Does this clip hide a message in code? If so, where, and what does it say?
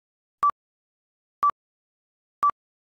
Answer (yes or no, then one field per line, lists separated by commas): no